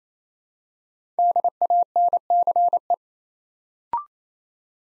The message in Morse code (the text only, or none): DANCE